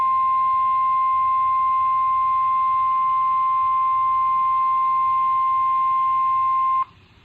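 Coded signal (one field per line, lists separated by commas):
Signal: Emergency Alert System (SAME) tones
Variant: 1050 Hz attention tone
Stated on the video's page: Real alerts from a severe weather outbreak in Ohio.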